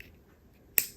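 A female crimp terminal is pushed, nub down, into a plastic connector cavity while installing articulating Trimode power running boards on a 2019–2022 Silverado/Sierra. After near silence, a single sharp, bright click rings out at 0.8 s and fades quickly. A slight tug afterward confirms the terminal is properly seated.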